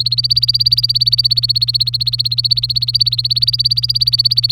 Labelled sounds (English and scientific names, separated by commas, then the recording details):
Domestic Canary (Serinus canaria) song
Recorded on 24 April 2018 at 09:35
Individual llb3